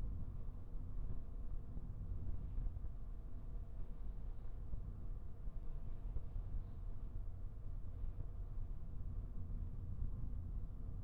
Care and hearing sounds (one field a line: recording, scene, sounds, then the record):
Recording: everyday scene through a hearing-aid microphone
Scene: in a vehicle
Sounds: engine, traffic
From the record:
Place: Skoda Fabia, gasoline engine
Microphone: behind the ear, right, front